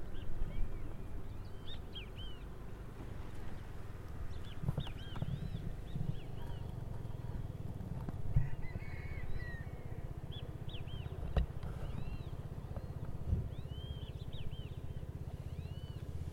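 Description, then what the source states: Yellow-chested birds calling: short, arched, whistled notes in scattered bursts throughout, over a steady low rumble. A noisy species of yellow-chested birds recorded in St. George, Bermuda.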